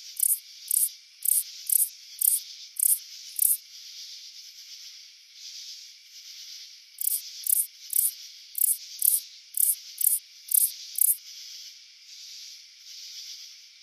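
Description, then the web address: Clicker round-winged katydid song: two bursts of rapid high clicks, about two per second, separated by a pause. North America. "Songs of Insects. Clicker Roud--winged Katydid"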